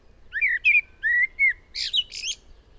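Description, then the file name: Eurasian blackbird with a series of mellow, whistled notes followed by two harsh, high-pitched squeaky bursts. "Turdus merula"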